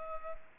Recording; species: mosquito wingbeat signal from an infrared sensor; Culex pipiens